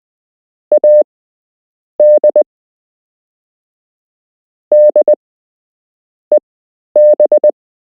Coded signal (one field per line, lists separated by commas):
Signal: Morse code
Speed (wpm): 20 wpm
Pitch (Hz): 600 Hz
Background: none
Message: AD DEB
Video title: You can learn Morse code - Part 1